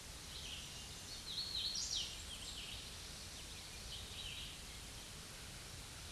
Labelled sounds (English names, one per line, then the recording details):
Hooded Warbler song
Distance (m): 35 m
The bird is about 15 m above the microphone
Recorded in a Pennsylvania forest on 16 May 2024 at 08:07
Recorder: AudioMoth, point MSD-0192
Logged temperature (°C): 16.0 °C
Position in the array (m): 172 m, 86 m